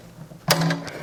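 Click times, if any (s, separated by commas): 0.5 s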